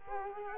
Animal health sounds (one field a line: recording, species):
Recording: mosquito wingbeat signal from an infrared sensor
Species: Culex quinquefasciatus